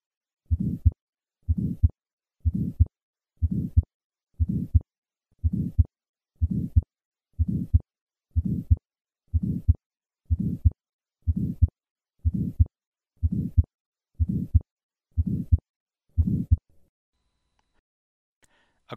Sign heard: Innocent Systolic Murmur.